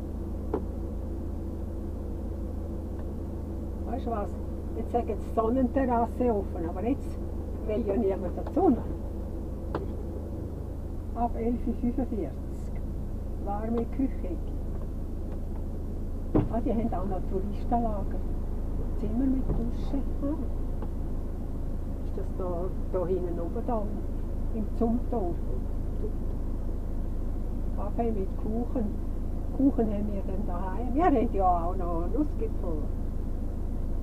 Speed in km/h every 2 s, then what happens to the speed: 0, 0, 0, 0, 0, 0, 0, 0, 0, 0, 0, 0, 0, 0, 0, 0, 0.
0-34 standing.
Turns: none.